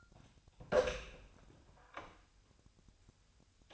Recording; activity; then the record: daily activity, microphone in the room; open door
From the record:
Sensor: 2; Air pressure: 1007.0 hPa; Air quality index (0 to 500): 194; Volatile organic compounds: 13 ppm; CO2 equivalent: 2382 ppm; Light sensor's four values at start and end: 10/23/10/10 and 10/24/10/10